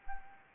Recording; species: mosquito wingbeat signal from an infrared sensor; Anopheles gambiae